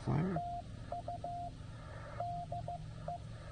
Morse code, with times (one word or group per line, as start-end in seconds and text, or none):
0.4-1.5 TU
2.2-3.2 DE